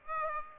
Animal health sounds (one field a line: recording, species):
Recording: mosquito wingbeat signal from an infrared sensor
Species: Aedes aegypti